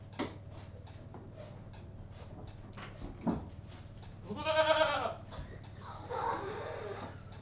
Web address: BBC Sound Effects Library - Livestock 1 General Atmosphere In Goat-House